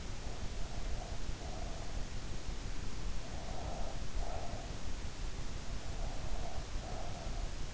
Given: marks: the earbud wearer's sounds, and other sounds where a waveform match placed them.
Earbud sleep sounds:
sounds in sleep by an in-ear microphone; breath
3.05-4.98 s: breath
5.62-7.74 s: breath

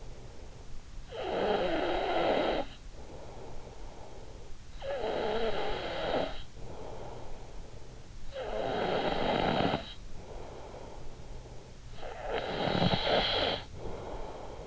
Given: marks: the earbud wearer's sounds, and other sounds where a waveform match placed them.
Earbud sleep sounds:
sounds in sleep by an in-ear microphone; snoring breath
0.00-14.67 s: snoring breath

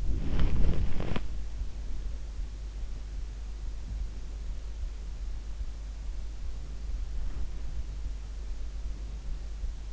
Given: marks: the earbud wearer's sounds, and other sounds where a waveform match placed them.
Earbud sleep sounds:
sounds in sleep by an in-ear microphone; body movement
0.00-1.36 s: body movement

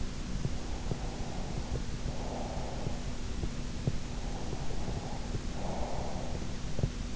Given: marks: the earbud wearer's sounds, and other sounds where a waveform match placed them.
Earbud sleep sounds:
sounds in sleep by an in-ear microphone; breath
0.51-2.85 s: breath
4.08-6.91 s: breath

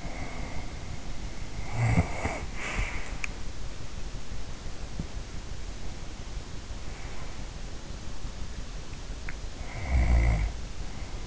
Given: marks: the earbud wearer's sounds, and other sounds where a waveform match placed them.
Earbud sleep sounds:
sounds in sleep by an in-ear microphone; breath, snoring breath
0.00-1.59 s: breath
1.66-3.29 s: snoring breath
9.56-11.26 s: snoring breath

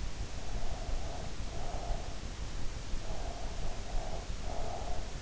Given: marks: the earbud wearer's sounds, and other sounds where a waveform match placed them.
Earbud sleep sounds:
sounds in sleep by an in-ear microphone; breath
0.40-2.15 s: breath
2.92-5.16 s: breath

